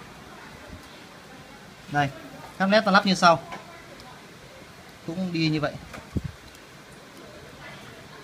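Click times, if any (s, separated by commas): none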